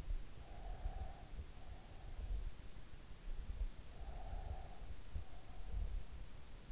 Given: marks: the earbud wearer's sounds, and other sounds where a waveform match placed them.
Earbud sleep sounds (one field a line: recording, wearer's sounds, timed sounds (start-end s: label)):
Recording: sounds in sleep by an in-ear microphone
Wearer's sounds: breath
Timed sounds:
0.29-2.10 s: breath
3.69-5.56 s: breath